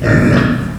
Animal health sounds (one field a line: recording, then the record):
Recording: squeal of a Yucatan mini pig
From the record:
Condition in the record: after surgery on the right vocal fold (resection and tissue-engineered implant)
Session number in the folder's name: 7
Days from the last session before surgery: 47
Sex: female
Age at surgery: 19 weeks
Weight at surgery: 25 kg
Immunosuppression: prednisolone